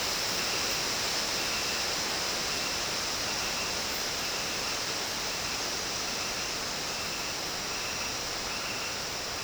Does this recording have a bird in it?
no